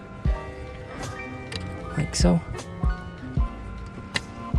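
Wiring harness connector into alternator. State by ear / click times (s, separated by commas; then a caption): seated / 4.2 s. A wiring harness plug is pushed down into the alternator socket while someone talks over background music. A sharp, strong click at 4.2 s shows the plug is seated.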